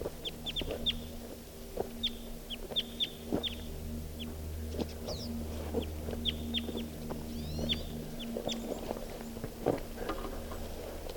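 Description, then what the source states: Red Crossbill calls: sharp, clipped downward notes repeated in loose bursts, with some higher upslurred notes and a steady low hum underneath. Type 2 call type; three crossbills present; the first bird, a red male, perched next to another male.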